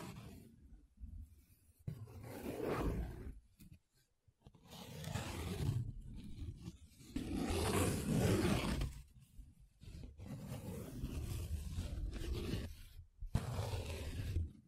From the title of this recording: Paper Sounds Tracing, Scratching, Rubbing